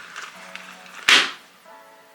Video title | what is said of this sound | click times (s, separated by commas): MICHAEL KORS MIMI MEDIUM LEATHER MESSENGER BAG REVIEW - Jasmine Yellow | do you hear that snap? It is powerful. | 1.1 s